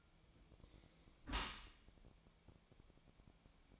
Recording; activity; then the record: daily activity, microphone in the room; close dishwasher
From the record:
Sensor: 1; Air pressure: 1000.5 hPa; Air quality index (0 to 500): 182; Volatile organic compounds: 4 ppm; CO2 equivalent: 1676 ppm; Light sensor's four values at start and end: 11/26/11/12 and 11/26/11/12